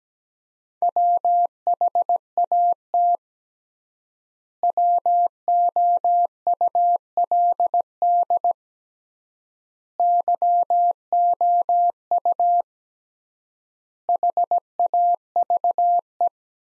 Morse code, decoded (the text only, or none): WHAT WOULD YOU HAVE